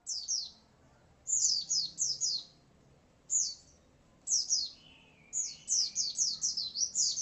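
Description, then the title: White-eye song: repeated bursts of piercing, down-slurred chirps at a lively pace. "Pleci"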